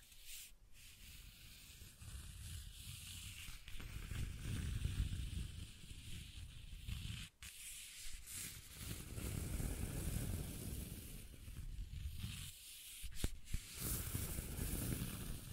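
Scratching and tracing sounds rasp steadily with a low rumbling undertone, broken by brief gaps and sharp clicks around seven and thirteen seconds.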